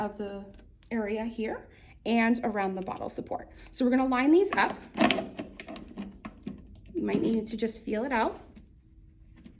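A plastic bottle support is set into the top of an Avalon top-loading water cooler and lined up with its locking tabs while someone talks. A few light plastic taps and scrapes come between the words as it is felt into position. Nothing has seated or clicked into place yet.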